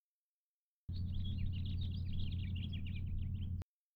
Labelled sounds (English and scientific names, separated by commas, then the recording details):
House Finch (Haemorhous mexicanus) song
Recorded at Hewlett Harbor on Long Island, New York, on 10 June 1975
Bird D